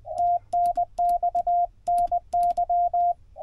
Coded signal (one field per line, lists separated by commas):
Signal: Morse code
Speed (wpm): 20 wpm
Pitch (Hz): 690 Hz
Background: radio noise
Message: TNX NY